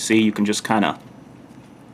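A folding tool implement on a SOG Power Assist multi-tool, which uses a piano locking system so every tool locks, is being handled as it is pushed down toward its locked position in the handle. Someone talks for about the first second, followed by quiet low-level handling noise until the end. Nothing has locked or clicked into place yet.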